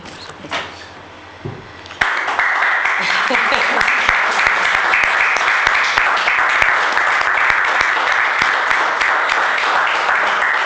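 At the close of a conference session in Ourense, after about two seconds of quiet murmuring, a crowd breaks into spontaneous, sustained, loud applause, many hands clapping in a dense, steady wash that continues to the end.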